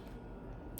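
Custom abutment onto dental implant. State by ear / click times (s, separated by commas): seated / 0.8 s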